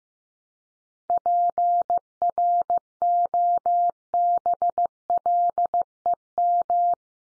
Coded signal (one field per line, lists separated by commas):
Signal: Morse code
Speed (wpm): 15 wpm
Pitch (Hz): 700 Hz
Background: none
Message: PROBLEM